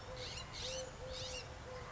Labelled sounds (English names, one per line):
Eurasian Collared Dove